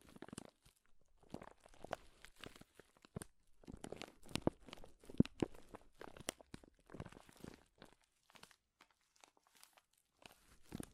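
Loud crinkling fills the recording, a dense run of sharp, crackling bursts that reach from low rustle up to bright, hissing highs. The crackles come in irregular clusters with brief quiet gaps, strongest around the middle, near four to six seconds.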